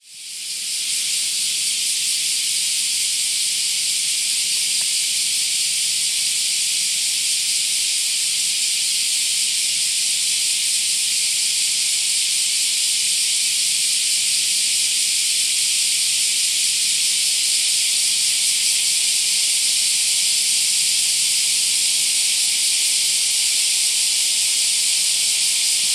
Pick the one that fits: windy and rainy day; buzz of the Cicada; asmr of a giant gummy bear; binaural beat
buzz of the Cicada